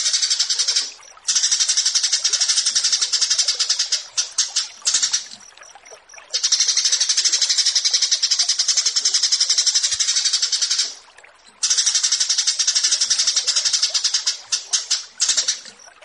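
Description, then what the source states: Horsfield's bush lark song in sustained, shrill, pulsing bursts of fast repeated notes, separated by a few short quieter breaks. Bird-keeping song tutoring recording (masteran) of a Javan bush lark, presented alongside another bird in a versus format.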